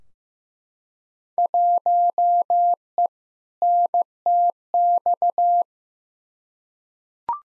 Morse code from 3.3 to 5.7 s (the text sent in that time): NTX